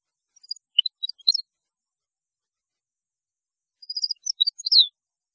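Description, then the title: European goldfinch song, two short quiet twittering phrases separated by a pause. "Chant Chardonneret"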